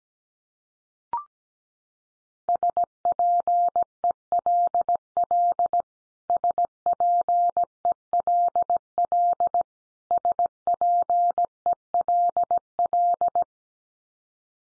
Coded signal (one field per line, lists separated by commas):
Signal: Morse code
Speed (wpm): 17 wpm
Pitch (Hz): 700 Hz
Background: none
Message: SPELL SPELL SPELL